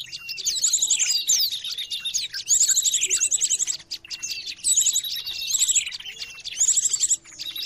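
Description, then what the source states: Noisy bird chorus, bursts of rapid twittering and high buzzy trills coming in waves every two seconds or so, with short quieter gaps. Noisy bird sounds used to lure birds.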